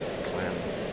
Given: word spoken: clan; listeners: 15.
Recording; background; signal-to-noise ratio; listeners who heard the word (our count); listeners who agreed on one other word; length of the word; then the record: one English word in noise, from a listening test; speech-shaped noise; -4.1 dB; 0 of 15; 10 of 15; 0.53 s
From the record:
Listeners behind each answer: 10, 2, 2, 1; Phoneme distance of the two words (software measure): 10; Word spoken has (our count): 1 syllable, 4 phonemes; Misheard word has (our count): 1 syllable, 4 phonemes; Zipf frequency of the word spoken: 3.65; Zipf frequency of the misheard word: 3.35